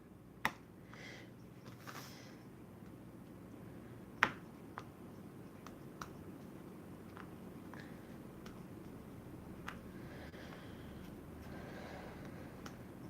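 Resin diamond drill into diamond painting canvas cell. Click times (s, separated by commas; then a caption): 0.4 s, 4.2 s, 4.8 s, 6.0 s, 9.7 s, 12.7 s. Resin diamond drills are pressed one after another into the cells of a diamond painting canvas with a drill pen, each clicking into its spot. Sharp, brief clicks are heard at 0.5, 4.2, 4.8, 6.0, 9.7 and 12.7 seconds over a low, steady background hiss. The first two clicks are the loudest, and each drill seats in place.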